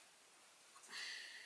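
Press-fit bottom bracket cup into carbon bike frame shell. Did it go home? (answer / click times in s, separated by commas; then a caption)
no / none. A SRAM DUB PressFit BB86 bottom bracket cup is handled at the shell of an open-mould FM109-D carbon bike frame while it is being pushed in to clip onto the matching cup from the other side. A faint steady hiss is followed by a couple of small soft sounds near 0.8 s, then a louder bright rustling handling noise from about 0.9 s to the end. Nothing has seated or clicked yet.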